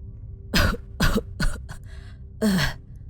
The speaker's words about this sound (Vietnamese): ôm ngực ho lên khù khụ mấy tiếng, rồi thều thào nói.